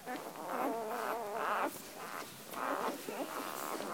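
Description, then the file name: Dog: puppies whimpering and squealing in a busy overlapping chorus of wavering, high-pitched whines that rise and fall continuously. Puppies in their first week of life. "Welpen Woche 1"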